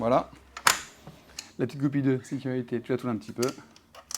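A bicycle component, possibly a wheel or mount mechanism, is handled and pushed back toward its mount after unlocking, with several short sharp handling ticks, the loudest around 0.7 s, while someone talks. Nothing has seated or clicked into place yet by the end of the clip.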